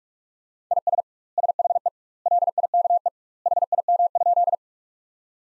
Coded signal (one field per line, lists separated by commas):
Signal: Morse code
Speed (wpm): 41 wpm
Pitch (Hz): 700 Hz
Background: none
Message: IS SHE LIKE HIM?